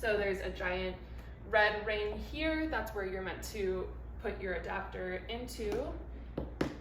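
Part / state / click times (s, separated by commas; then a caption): power cord adapter into bassinet base socket / seated / 6.6 s. A woman talks while the power cord's adapter is pushed firmly into the socket marked by a red ring on the underside of the SNOO Smart Sleeper bassinet. A faint tap at 6.4 s is followed by a sharp click at 6.6 s as the adapter seats fully in the socket.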